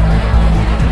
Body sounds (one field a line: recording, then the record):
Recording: background sound without coughing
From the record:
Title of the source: Party Noise 1 Hour Party Ambience